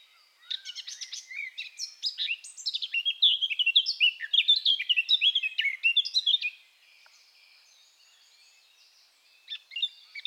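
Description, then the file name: Eurasian blackcap song, a long rapid warble of chirps and whistles, then about three seconds of quiet before a brief new phrase begins. "Sylvia atricapilla"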